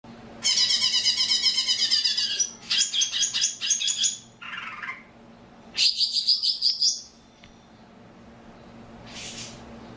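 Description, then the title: Oriental magpie-robin song with loud, rasping bursts of quickly repeated high notes, a lower scratchy phrase, another high burst, then a quiet gap and a brief final note. "Kicau Kacer"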